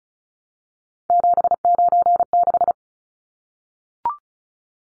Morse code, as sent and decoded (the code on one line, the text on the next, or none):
--... ----. -....
796